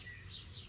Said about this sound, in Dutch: Het geluid van een merel. Waarom is dit het geluid van je jeugd? Ik kom uit Twente, platteland. Ja, het is een merel. Ik twijfelde heel even. En in de vooravond van de lente hoorde je dan deze vogels lekker op je dakpunt zitten.